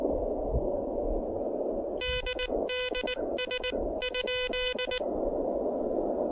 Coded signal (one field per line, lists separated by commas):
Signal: Morse code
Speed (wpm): 19 wpm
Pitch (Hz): 3000 Hz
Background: none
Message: DDS ?